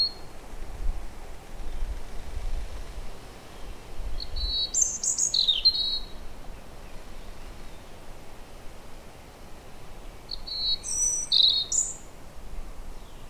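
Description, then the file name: European robin singing two short, high, thin warbled phrases several seconds apart, with a low steady rumble underneath. "vorosbegy hangja"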